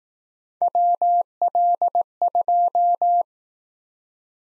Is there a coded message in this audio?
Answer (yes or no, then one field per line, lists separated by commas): yes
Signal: Morse code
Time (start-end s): 0.6-3.2 s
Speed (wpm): 19 wpm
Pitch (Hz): 700 Hz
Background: none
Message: WL2